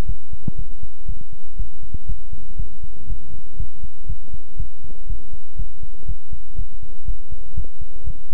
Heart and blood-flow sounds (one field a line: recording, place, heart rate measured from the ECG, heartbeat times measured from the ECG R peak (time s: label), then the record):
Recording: heart sounds by stethoscope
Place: between the tricuspid and mitral areas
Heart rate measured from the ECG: 120 bpm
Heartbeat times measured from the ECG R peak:
0.06 s: heartbeat
0.56 s: heartbeat
1.06 s: heartbeat
1.56 s: heartbeat
2.06 s: heartbeat
2.56 s: heartbeat
3.07 s: heartbeat
3.57 s: heartbeat
4.07 s: heartbeat
4.57 s: heartbeat
5.07 s: heartbeat
5.56 s: heartbeat
6.06 s: heartbeat
6.55 s: heartbeat
7.05 s: heartbeat
7.54 s: heartbeat
8.04 s: heartbeat
From the record:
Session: pedaling a stationary bicycle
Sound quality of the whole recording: good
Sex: male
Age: 24 years